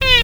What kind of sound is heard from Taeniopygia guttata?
distance call